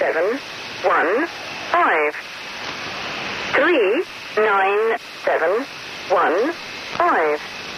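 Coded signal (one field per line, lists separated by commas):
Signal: numbers station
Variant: Lincolnshire Poacher, English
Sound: a voice reading about nine short, evenly spaced words over steady radio hiss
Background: radio static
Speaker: That station was the Lincolnshshire Poacher. It was nicknamed for the English folk tune that played before each transmission. Listen closely.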